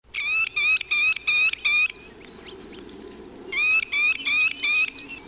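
Bird giving a quick series of five harmonic notes, a pause of over a second, then another similar series.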